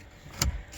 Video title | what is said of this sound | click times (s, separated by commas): Radio Install In A Ml430, It Was Simple To Tele Aid Showed Up On The Screen | it this locks in place it's very simple you can use a gift card so | 0.4 s